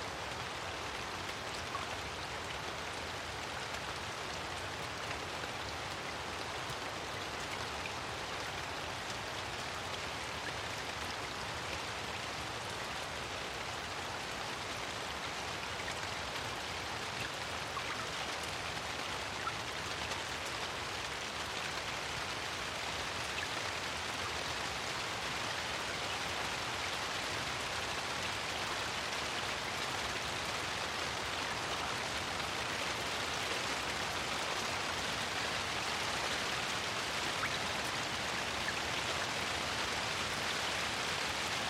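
Heavy rain falls steadily on soaked vegetation and puddles, a dense, even hiss of small drops that holds unchanged throughout.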